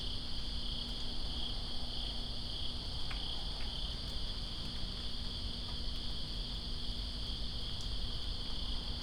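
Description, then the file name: Crickets in a steady, dense chorus of high trilling at two close pitches, with patters and clicks of rain and a low rumbling background throughout. Crickets recorded in rain in Greensboro on 2 September 2017. "Greensboro Crickets And Rain-2017-09-02"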